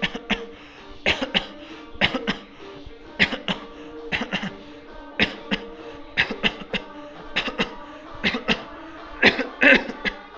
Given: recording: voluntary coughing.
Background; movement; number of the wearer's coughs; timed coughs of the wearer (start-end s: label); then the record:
music; sitting; 22
0.00-0.19 s: cough
0.28-0.46 s: cough
1.03-1.31 s: cough
1.32-1.58 s: cough
1.98-2.22 s: cough
2.25-2.49 s: cough
3.17-3.45 s: cough
3.45-3.73 s: cough
4.10-4.30 s: cough
4.30-4.57 s: cough
5.17-5.44 s: cough
5.49-5.72 s: cough
6.15-6.39 s: cough
6.42-6.67 s: cough
6.71-6.92 s: cough
7.34-7.58 s: cough
7.57-7.77 s: cough
8.22-8.46 s: cough
8.46-8.64 s: cough
9.20-9.50 s: cough
9.58-9.96 s: cough
10.04-10.25 s: cough
From the record:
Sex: male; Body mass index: 22.0 kg/m2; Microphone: on the chest, facing outward